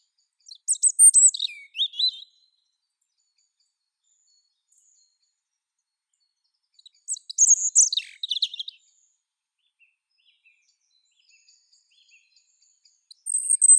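European robin song in separate high, thin, tumbling phrases with long silences of several seconds between them.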